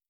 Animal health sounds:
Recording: hydrophone in a shrimp aquaculture tank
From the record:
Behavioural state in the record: starved

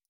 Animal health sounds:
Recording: hydrophone in a shrimp aquaculture tank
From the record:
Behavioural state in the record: stressed

